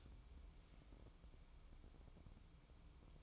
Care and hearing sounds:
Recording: daily activity, microphone in the room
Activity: light on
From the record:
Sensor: 1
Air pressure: 1007.9 hPa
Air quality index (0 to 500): 117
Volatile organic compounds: 2 ppm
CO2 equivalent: 992 ppm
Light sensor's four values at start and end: 11/26/11/12 and 21/63/26/26

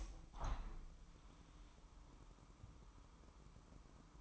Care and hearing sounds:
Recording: daily activity, microphone in the room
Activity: open window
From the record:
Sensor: 1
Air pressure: 998.0 hPa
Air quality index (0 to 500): 128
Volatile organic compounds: 3 ppm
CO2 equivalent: 1530 ppm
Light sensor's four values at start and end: 17/57/23/23 and 17/56/23/23

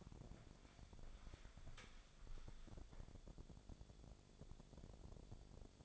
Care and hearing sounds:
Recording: daily activity, microphone in the room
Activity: walk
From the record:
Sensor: 5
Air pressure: 1000.6 hPa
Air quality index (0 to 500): 136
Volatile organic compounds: 2 ppm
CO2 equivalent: 1058 ppm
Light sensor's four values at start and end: 50/115/48/51 and 49/114/48/50

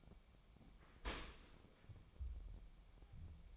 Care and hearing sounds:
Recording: daily activity, microphone in the room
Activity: open dishwasher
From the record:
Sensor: 1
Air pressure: 1003.1 hPa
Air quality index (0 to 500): 197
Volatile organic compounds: 6 ppm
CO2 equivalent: 1882 ppm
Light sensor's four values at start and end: 28/69/29/35 and 28/68/29/35

